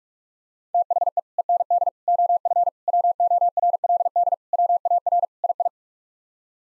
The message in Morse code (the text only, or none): THE END OF WORLD WAR II